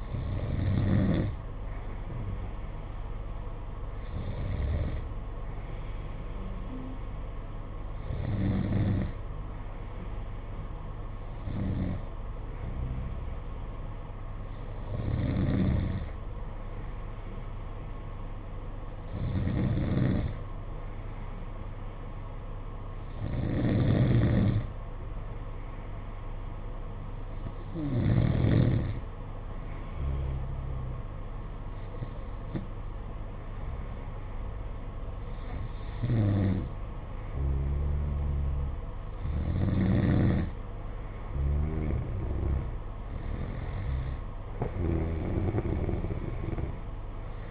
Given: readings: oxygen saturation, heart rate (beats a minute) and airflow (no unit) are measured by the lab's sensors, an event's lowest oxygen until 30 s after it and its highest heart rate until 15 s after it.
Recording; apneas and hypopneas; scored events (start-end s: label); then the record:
breathing in sleep by a smartphone at the bedside; none
none scored
From the record:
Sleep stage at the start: N2 (light sleep); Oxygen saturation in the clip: 91 to 93%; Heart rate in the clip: 56 to 60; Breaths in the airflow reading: 12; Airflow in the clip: -5.2 to 4.2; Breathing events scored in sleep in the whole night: 476 in 9.7 hours asleep